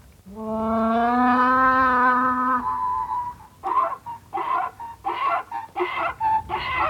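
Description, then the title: Donkey bray: one long, steady low honk followed by a rhythmic run of harsh, rasping pulses. "Bruitages Fous. Gebalk Van Een Ezel"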